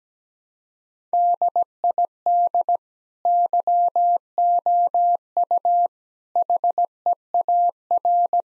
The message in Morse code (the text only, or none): DID YOU HEAR